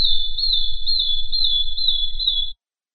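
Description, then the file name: Madi injap song: a continuous high quavering trill of about two and a half seconds, steady in pitch, with a faint low rumble beneath. "suara kicauan burung madi injap"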